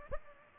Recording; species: mosquito wingbeat signal from an infrared sensor; Culex pipiens